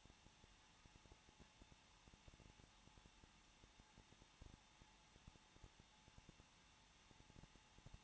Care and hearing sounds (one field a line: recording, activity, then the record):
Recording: daily activity, microphone in the room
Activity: no activity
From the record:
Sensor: 1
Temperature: 20.1 degrees Celsius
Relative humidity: 39.4%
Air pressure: 1006.4 hPa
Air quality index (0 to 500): 219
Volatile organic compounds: 81 ppm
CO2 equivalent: 3619 ppm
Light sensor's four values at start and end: 1/2/1/1 and 1/2/1/1